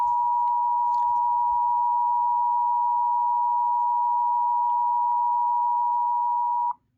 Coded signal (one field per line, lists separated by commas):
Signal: Emergency Alert System (SAME) tones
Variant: 853 and 960 Hz attention tone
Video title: A DOUBLE HEADER ON WDFA!!! Immediate Evacuation + Local Area Emergency (EAS #108-109)